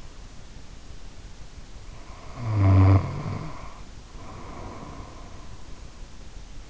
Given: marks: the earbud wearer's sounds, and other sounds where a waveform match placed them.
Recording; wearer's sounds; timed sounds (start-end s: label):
sounds in sleep by an in-ear microphone; snoring breath
2.03-5.55 s: snoring breath